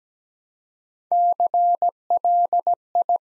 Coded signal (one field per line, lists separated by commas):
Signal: Morse code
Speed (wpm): 17 wpm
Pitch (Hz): 700 Hz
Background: none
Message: CLI